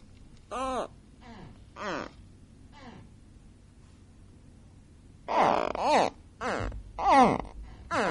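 Gharial calls: a series of brief harmonic notes with arching tones, softer at first, then after a pause louder ones near the end.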